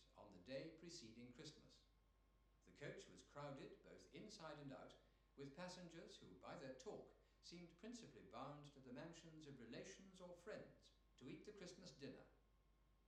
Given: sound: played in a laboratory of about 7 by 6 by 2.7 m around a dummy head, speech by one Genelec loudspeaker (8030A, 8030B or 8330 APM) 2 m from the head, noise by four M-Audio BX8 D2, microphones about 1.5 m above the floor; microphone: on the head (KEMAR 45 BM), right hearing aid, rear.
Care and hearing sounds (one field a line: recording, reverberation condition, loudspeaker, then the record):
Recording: male speech in English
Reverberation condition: medium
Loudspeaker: behind (180 degrees)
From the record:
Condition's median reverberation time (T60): about 510 ms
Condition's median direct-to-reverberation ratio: about -0.5 dB